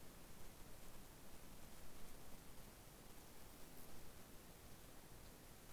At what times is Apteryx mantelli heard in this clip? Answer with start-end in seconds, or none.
none